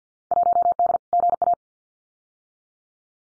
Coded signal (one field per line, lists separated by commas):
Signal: Morse code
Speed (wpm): 50 wpm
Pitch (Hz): 700 Hz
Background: none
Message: 1D GA